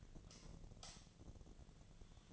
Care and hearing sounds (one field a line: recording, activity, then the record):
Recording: daily activity, microphone in the room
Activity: light off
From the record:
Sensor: 4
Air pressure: 1010.7 hPa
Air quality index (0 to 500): 174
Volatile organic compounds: 5 ppm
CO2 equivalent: 1769 ppm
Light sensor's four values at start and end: 37/107/43/43 and 37/107/43/43